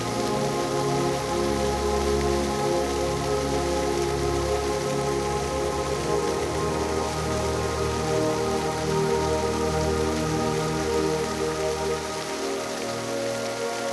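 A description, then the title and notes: A park fountain splashes in a steady, dense hiss, with a low droning rumble underneath that shifts in pitch and drops away near the end. Fountain Sculpture in the Park.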